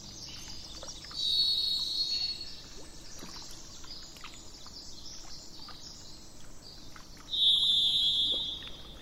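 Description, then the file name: Thrush song of sustained, even whistles held over a second each, separated by a long gap, the later note a touch lower, amid steady background noise. Recorded 27 April 2004, with truck noise in the background. "040427-thrushandtrucks"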